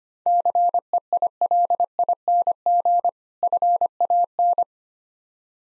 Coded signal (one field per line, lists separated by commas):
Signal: Morse code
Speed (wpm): 25 wpm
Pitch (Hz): 700 Hz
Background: none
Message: CEILING FAN